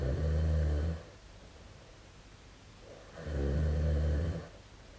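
Two low, rumbling snores from a sleeping adult man, about three seconds apart, with quiet between; ordinary snoring during sleep.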